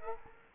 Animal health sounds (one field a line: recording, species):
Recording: mosquito wingbeat signal from an infrared sensor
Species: Culex quinquefasciatus